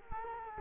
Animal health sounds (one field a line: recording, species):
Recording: mosquito wingbeat signal from an infrared sensor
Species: Culex quinquefasciatus